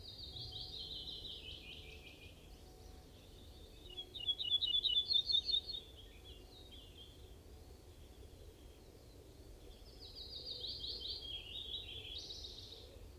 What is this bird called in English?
Ortolan Bunting